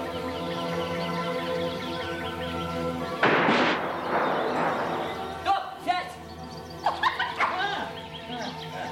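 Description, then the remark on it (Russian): A loud, rough blast like a gunshot from hunters in a forest, then a dog sent after game barks in short, sharp bursts of two or three yelps, over a steady humming musical background. “Глупый пес, не нашел птицу.”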